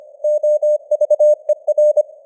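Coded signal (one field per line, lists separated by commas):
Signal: Morse code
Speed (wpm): 25 wpm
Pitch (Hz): 600 Hz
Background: none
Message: OVER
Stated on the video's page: Morse news headlines at 25wpm with simulated radio noise and varying signal strength (QSB).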